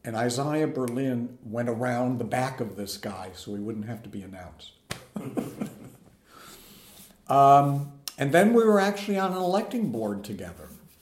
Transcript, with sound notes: And Isaiah Berlin went around the back of this guy so he wouldn't have to be announced. (laughter) And then we were actually on an electing board together.